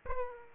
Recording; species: mosquito wingbeat signal from an infrared sensor; Aedes aegypti